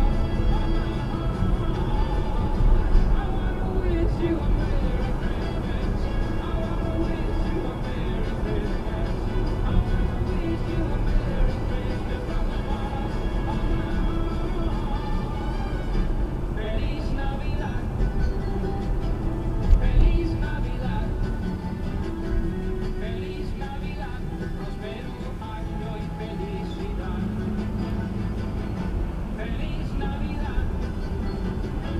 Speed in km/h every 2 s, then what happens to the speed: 50, 52, 55, 55, 50, 50, 48, 45, 44, 39, 29, 19, 11, 16, 24, 29.
0-6 steady at about 52. 6-24 slows to 11. 24-32 speeds up to 29.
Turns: none.